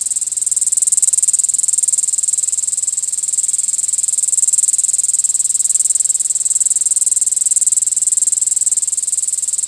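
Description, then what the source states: Cicada call, a continuous high shrill buzz with a fast steady pulsing, unbroken throughout. Recorded in Michigan.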